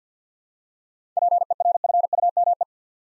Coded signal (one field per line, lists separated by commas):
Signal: Morse code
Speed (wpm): 48 wpm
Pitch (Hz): 700 Hz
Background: none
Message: PERFUME